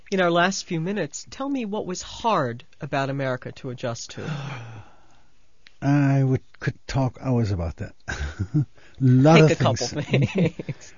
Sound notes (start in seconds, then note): 4.2 he sighs; 8.1 he laughs